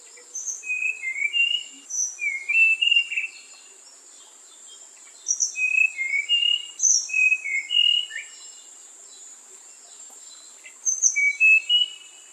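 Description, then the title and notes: A songbird gives quick bursts of chirpy, twittering notes at mid and high pitch. The bursts are separated by pauses, over a constant high-pitched hiss or drone. Master song for training songbirds. "Kumpulan Masteran Burung"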